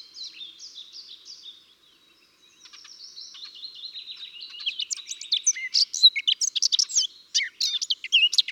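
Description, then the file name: Eurasian blackcap song opening with a soft, scratchy, chattering warble, then a short pause, then building into loud, clear, fluty phrases. "Sylvia atricapilla"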